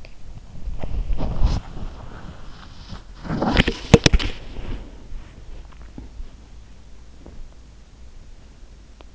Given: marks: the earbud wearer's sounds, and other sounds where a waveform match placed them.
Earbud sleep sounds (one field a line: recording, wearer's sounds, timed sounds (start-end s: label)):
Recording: sounds in sleep by an in-ear microphone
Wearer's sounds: swallowing, body movement, teeth grinding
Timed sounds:
0.00-0.34 s: swallowing
0.04-5.17 s: body movement
5.27-6.42 s: swallowing
7.20-7.43 s: swallowing
8.90-9.10 s: teeth grinding